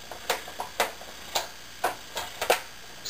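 A plastic screen bezel is pressed around the display lid of a Dell Vostro 1500 laptop, after the two cupped tabs at its bottom have been lined up. Its remaining plastic clips snap in one after another with sharp clicks at 0.3, 0.6, 0.8, 1.4, 1.8 and 2.4 s, and another loud click follows around 2.5 s. The bezel is seated with its clips snapped into place.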